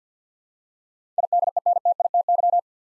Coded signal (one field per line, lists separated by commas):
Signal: Morse code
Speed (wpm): 52 wpm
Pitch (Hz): 700 Hz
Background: none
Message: IDENTITY